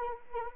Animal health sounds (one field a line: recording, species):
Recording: mosquito wingbeat signal from an infrared sensor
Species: Anopheles arabiensis